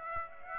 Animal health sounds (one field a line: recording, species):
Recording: mosquito wingbeat signal from an infrared sensor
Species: Aedes aegypti